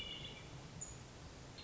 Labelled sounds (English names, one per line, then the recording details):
Hermit Thrush
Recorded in Sonoma County, California